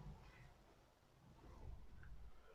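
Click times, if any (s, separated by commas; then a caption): none. An overhead hoist track section is moved by hand up toward the ceiling track coupler, giving low rumbling handling noise with a brief faint blip near 2.0 s. Nothing has seated or locked into place yet.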